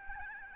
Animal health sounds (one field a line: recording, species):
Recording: mosquito wingbeat signal from an infrared sensor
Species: Aedes albopictus